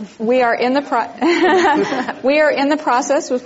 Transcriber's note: laughter